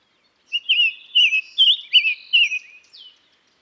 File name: summer tanager